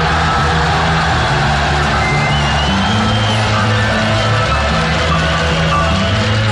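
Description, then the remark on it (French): A concert audience at the Palais des Sports applauds and cheers loudly and continuously, a dense wash of clapping with scattered whoops and shouts, over a steady low droning tone underneath. “J'aimerais vous entendre applaudir très fort.”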